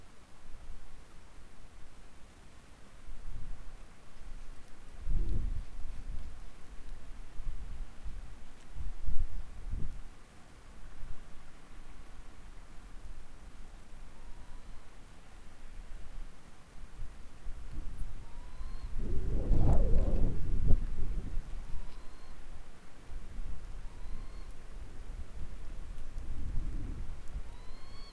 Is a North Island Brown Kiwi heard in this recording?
no